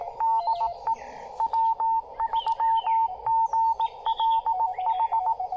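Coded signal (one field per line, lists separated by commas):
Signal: Morse code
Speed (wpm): 18 wpm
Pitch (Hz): 900 Hz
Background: none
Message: DE W3GLH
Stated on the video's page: POTA activation at a state park, likely using a Yaesu FT-818ND keyed with a BaMaKeY TP-III twin paddle.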